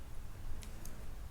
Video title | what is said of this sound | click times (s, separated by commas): Bagging the Challenger Widebody Hellcat - Episode 2 Tank Plumbing | push it in feel it click | 0.6 s, 0.9 s